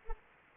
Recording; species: mosquito wingbeat signal from an infrared sensor; Anopheles arabiensis